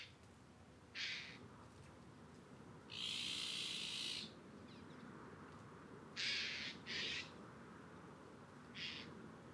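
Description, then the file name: Eurasian jay uttering scattered raspy, noisy screeches, one longer harsh burst among shorter ones, over a steady hiss of background noise. "Garrulus glandarius"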